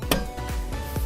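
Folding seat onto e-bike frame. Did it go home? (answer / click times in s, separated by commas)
yes / 0.1 s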